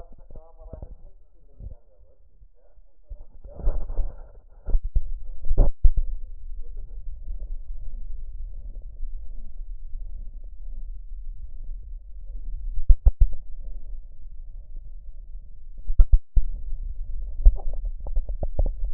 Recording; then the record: lung sounds by stethoscope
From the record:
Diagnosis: emphysema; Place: left posterior upper chest